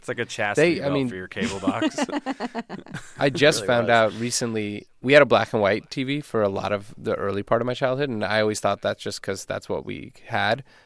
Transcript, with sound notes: It's like a chastity belt for your cable box.
(LAUGHTER)
I just found out recently - we had a black-and-white TV for a lot of the early part of my childhood, and I always thought that's just because that's what we had,